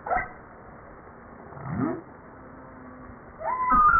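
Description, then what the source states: Humpback whale song: faint low upsweeping grunts and a steady low hum, ending with a brighter rising whistled note. Recorded 5 March 1994.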